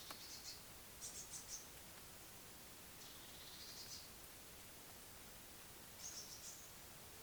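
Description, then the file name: Eurasian blue tit calls: small clusters of thin, very high notes, a longer buzzy scolding phrase midway, then another quick high cluster near the end, over steady hiss. "Cyanistes caeruleus"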